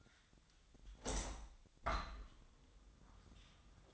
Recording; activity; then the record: daily activity, microphone in the room; open window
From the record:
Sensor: 3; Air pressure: 1004.6 hPa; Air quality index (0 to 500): 106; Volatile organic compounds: 4 ppm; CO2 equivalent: 1652 ppm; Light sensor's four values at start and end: 7/16/6/6 and 7/16/6/6